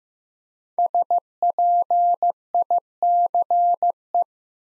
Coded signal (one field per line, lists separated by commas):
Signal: Morse code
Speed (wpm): 15 wpm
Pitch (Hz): 700 Hz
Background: none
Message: SPICE